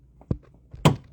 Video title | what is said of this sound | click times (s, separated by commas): Bose Smart Soundbar 300 | make a nice audible click now | 0.9 s